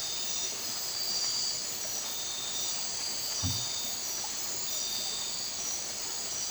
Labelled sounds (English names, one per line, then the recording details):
none
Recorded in dense forest near Puerto Asís, Putumayo, Colombia, on 20 December 2024 at 01:00
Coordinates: 0.467, -76.328
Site GP05